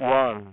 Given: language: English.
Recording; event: throat vibration sensor signal played as sound; speech